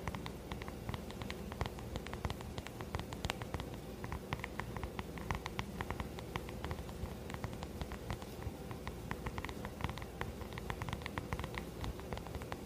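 Dense mouth sounds and quick tapping clicks crackle steadily over a soft low rustle, with sharp bright ticks several times a second.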